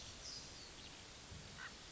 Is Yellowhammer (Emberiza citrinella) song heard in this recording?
no